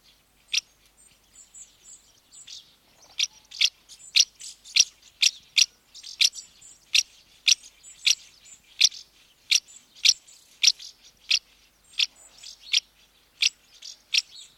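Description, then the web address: House martin giving short, dry chirrups in a long series, with quieter twittering between the louder notes. Female calling at the nest entrance. "BBC House Martins"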